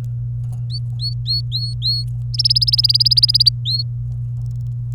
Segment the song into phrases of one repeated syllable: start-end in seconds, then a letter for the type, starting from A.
0.70-2.05 A, 2.34-3.49 B, 3.65-3.83 A